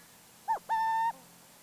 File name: Burrowing Owl Athene cunicularia